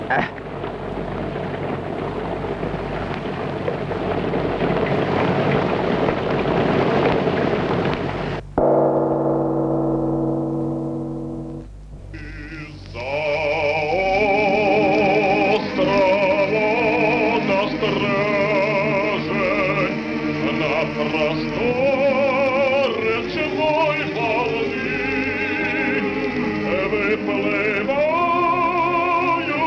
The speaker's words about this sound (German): Na, vorläufig regnet es noch. Und wie?